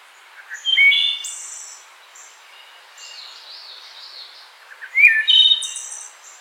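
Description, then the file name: Wood thrush singing two liquid, flute-like phrases that each finish in a bright, high trill, with softer warbling between them. "Hylocichla mustelina - Wood Thrush"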